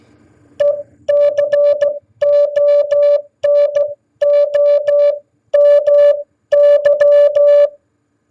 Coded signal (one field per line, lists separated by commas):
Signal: Morse code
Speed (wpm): 14 wpm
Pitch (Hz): 580 Hz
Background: none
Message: ECONOMY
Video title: What Is Economy In Morse Code?